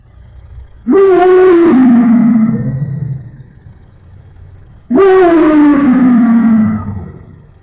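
Lion roar: two long, rough, harmonic roars about four seconds apart, each starting abruptly and then sliding gradually lower as it fades.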